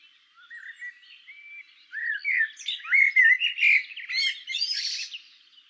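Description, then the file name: Common blackbird song with soft rising fluted notes that build into a louder run of warbled phrases and finish with a thin, scratchy high flourish. "Turdus merula"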